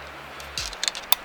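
A steel lock ring is pushed up into its groove in the front wheel hub and spindle assembly of a 2000 Ford F-350 4x4 dually during a wheel bearing replacement. A few light metallic scrapes and taps come at about 0.6 to 0.9 seconds, then a sharp, bright pop at 1.1 seconds as the ring snaps into the groove. The ring is seated.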